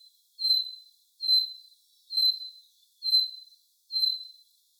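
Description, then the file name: Common chaffinch giving a high, thin whistled note, repeated five times about every 0.9 seconds, in otherwise quiet surroundings. "Fringilla coelebs"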